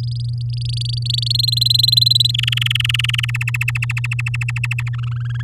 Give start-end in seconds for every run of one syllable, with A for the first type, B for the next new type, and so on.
0.00-1.32 A, 1.34-2.31 B, 2.34-3.31 C, 3.34-4.89 D, 4.93-5.42 E